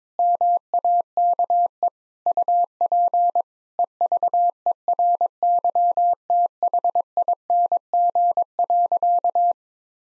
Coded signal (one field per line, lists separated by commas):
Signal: Morse code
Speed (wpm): 22 wpm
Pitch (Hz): 700 Hz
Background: none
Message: MAKE UP EVERYTHING.